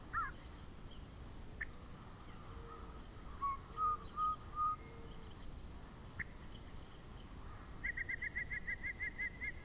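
Yellow-breasted chat song: a few low hollow hoots, clear whistled notes, then a fast even series of bright piping notes, over steady background hiss.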